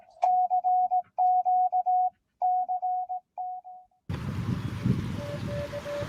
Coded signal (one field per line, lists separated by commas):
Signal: Morse code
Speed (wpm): 18 wpm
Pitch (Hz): 730 Hz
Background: none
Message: CQ CT